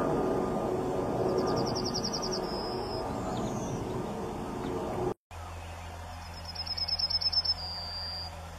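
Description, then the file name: Yellowhammer song, twice: a fast trill of high, identical notes ending in one long drawn-out lower note, over a steady low rumble and hum. "Canto da escrevedeira amarela"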